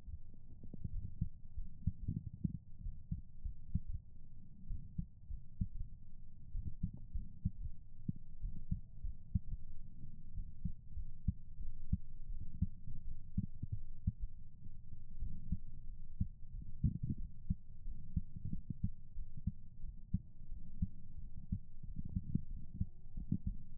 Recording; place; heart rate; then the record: heart sounds by stethoscope; pulmonary valve (PV); 98 bpm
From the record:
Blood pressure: 126/82 mmHg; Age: 35 years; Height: 163 cm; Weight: 89 kg